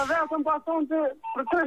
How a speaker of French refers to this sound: T'as un réseau qui fait du morse. Attends, on comprend rien. Exactement. Attends, mec. Il essaye de communiquer.